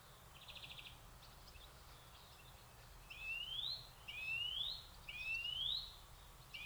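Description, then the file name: European greenfinch calls: a short buzzy trill, then a few rising whistled sweeps about a second apart over faint low background noise. "Chloris chloris"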